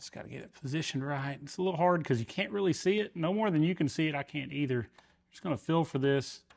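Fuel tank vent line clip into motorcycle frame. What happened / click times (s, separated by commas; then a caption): The clip is being positioned but has not seated yet / none. Someone talks while working a plastic fuel tank vent line clip into position on its mount on the frame of a 2025 Harley Davidson Street Glide Ultra, under the loosely set gas tank, where the spot is hard to see. Only speech is heard, and nothing has seated or clicked yet.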